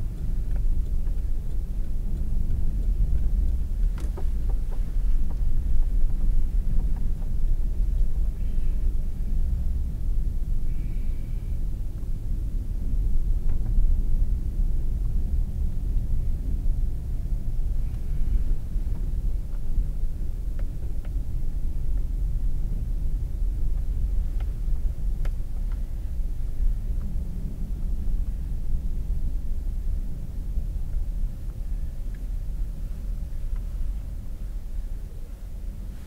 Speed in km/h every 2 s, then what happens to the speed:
19, 16, 15, 16, 19, 21, 21, 24, 23, 18, 18, 18, 15, 18, 16, 13, 10, 8.
0-5 steady at about 16. 5-15 speeds up to 24. 15-18 slows to 18. 18-27 steady at about 18. 27-36 slows to 8.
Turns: 2-7, 16-23.